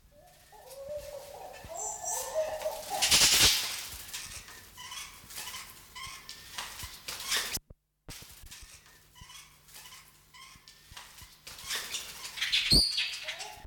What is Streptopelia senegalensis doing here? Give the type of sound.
call